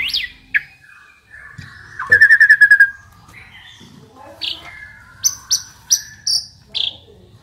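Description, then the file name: Asian pied starling song: whistled slurs, a rapid rattling trill, then a string of sharp high chirps repeated several times in quick succession. Indonesian jalak suren described as a champion songbird. "suara burung jalak suren juara"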